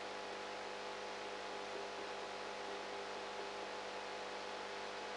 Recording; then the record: brain microelectrode recording played as sound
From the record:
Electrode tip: outside the subthalamic nucleus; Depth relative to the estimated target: -8 mm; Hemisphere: right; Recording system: NeuroSet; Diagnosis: Parkinson's disease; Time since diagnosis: 19 years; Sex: female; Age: 58 years